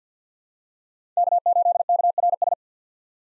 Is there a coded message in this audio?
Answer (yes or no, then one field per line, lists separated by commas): yes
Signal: Morse code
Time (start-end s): 1.2-2.5 s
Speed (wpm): 50 wpm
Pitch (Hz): 700 Hz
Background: none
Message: K8KRS